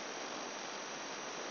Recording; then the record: brain microelectrode recording played as sound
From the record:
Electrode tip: outside the subthalamic nucleus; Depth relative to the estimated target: 4 mm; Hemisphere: left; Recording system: AlphaMap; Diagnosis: Parkinson's disease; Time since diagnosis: 10 years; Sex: male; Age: 58 years